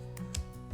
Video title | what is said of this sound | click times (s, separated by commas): Avoid These Beginner Mistakes! | all the way you'll hear it click like that | 0.3 s